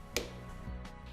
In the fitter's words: depois abaixe a alavanca de travamento até ouvir um clique